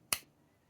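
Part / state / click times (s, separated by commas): folding knife blade into its handle spring / seated / 0.1 s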